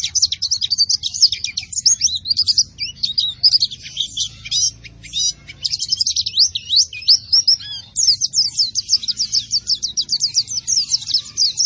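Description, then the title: White-eye song: a fast, continuous stream of high, thin chirps and twittering trills that runs almost without pause, with only a faint low hum beneath. Vigorously singing ('gacor') bird, said to be fed only banana and given no doping. "Pleci Gacor Tanpa Doping Hanya Pake Pisang"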